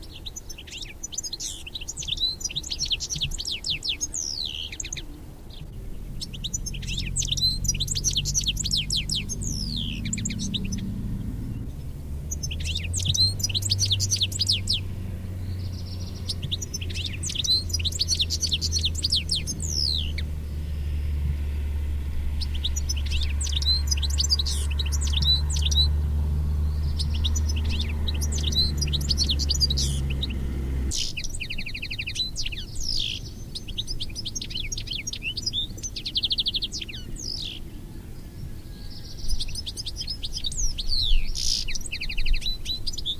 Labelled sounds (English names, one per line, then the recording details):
European Goldfinch song
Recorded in the wild
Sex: male
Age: adult
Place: Erlangen, OT Dechsendorf, Bayern, DE
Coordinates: 49.6317, 10.9364
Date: 1963-07-01
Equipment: Nagra, AKG D19/200, Parabolspiegel Grampian, Original, Vollspur
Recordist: Tretzel, Erwin